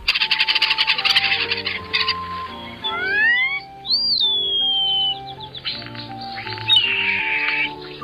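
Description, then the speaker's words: European starling song: rattling clicks, then rising sliding whistles and a high whistle that drops away, with gurgling chatter and soft background music underneath. Song described as mainly quiet, with harsh rattling and a mushy, gurgling, hissing chatter with high, sliding whistles. "Sibley's Guide to Birds describes the song of the European starling as mainly quiet, but with harsh rattling and overall a mushy, gurgling, hissing chatter with high, sliding whistles, like this."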